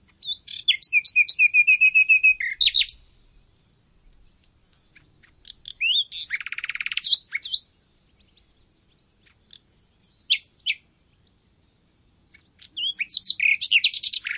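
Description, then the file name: Common nightingale song with rapid repeated chirps, a buzzy trill and sharp high whistles, delivered in separate phrases with short silences. "Luscinia megarhynchos"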